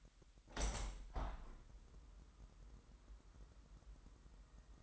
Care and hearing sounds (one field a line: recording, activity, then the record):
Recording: daily activity, microphone in the room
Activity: open window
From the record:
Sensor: 3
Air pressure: 998.5 hPa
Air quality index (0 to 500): 138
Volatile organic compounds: 4 ppm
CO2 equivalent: 1662 ppm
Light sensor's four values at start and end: 8/20/8/9 and 8/20/8/9